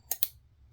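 A single-edge proprietary razor blade is slid into the channel on the back of a metal razor head and pushed until it clicks, with sharp clicks at 0.1 s and 0.2 s and another brief sharp sound near the end at 0.8 s. The blade is seated and secure in the holder.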